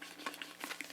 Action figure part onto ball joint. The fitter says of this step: should just pop right on the ball joint here